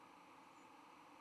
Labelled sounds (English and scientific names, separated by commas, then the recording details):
White-throated Sparrow (Zonotrichia albicollis) flight call
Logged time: 08:57 on 10 November 2014